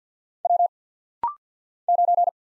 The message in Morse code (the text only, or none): W 9